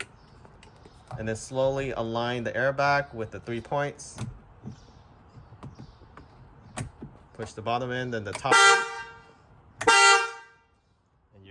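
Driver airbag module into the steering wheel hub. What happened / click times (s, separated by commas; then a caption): The module is only being lined up; no seating click is heard / none. A driver airbag module, its yellow connector already plugged in, is slowly lined up with the three mounting points on a Cybertruck-style steering wheel hub in a Tesla Model Y / 3, to be pushed in bottom first and then top. Someone talks while only light handling taps are heard. Nothing has seated or clicked yet.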